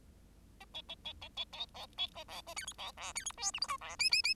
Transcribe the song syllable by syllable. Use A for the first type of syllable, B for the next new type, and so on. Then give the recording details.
A B B B B B C C B C A D E C F D E G H I J F K K K. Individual Bird10